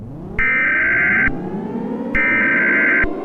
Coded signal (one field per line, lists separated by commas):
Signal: Emergency Alert System (SAME) tones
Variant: header bursts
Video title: This is another EAS Sneak Peek for the EAS Scenario: Drench Valley.